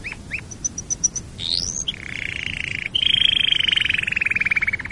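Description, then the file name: Canary song with a quick ticking series, a rising sweep, then long buzzy rolling trills that grow louder. "canarysong omkicau"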